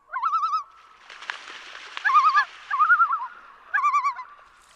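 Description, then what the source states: Loon laughing: four bursts of rapid, quavering tremolo notes, each about half a second long, separated by gaps of up to about a second and a half. Played recording illustrating the loon's wild laugh.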